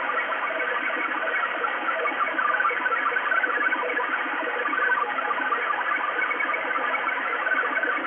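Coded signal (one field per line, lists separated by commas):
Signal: HF data modem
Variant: XPB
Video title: XPB numbers station Russia 5839 kHz 20200901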